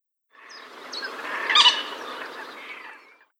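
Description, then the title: Common moorhen giving a harsh, sputtering, noisy call lasting about three seconds, peaking in a brief louder burst near the middle. "Gallinella"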